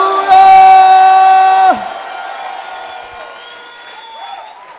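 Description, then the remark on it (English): An audience applauds and cheers for the church L'église Jésus qui guérit; a loud, sustained high-pitched shout rings over the first second and a half, then steady clapping and crowd noise carry on with scattered voices. “Applaudissez pour L'église Jésus qui guérit.”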